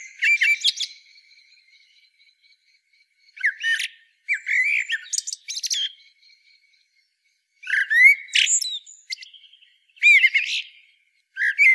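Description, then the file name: Common blackbird singing several phrases, each with short whistled notes and shrill, scratchy high twitters, separated by quiet gaps. "Turdus merula"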